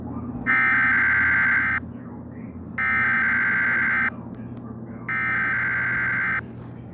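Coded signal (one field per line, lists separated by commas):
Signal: Emergency Alert System (SAME) tones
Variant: header bursts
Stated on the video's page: Fictional EAS scenario.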